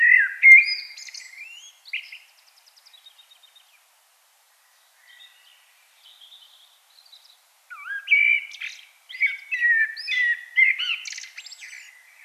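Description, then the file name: Common blackbird singing two fluty warbled phrases with high twittering flourishes, separated by several seconds of quiet with faint soft notes. "Turdus merula"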